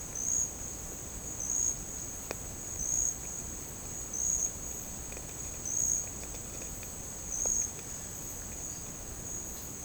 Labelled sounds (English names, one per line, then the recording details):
none
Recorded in dense forest near Puerto Asís, Putumayo, Colombia, on 22 June 2025 at 11:00
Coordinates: 0.486, -76.317
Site G065